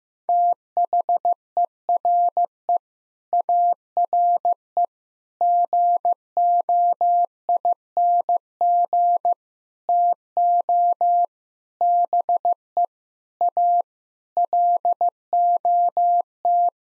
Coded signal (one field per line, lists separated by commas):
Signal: Morse code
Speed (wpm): 15 wpm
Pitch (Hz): 700 Hz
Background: none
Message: THERE ARE GOING TO BE A LOT